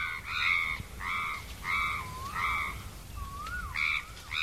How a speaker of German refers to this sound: Die Krähen kreischen über dem India Lake Hotel in Yangon.